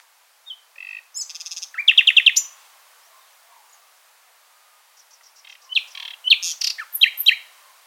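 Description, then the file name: Common nightingale song: phrases of rapid repeated high notes and buzzy trills, a pause of about two and a half seconds, then another burst of varied chattering notes. "Luscinia megarhynchos"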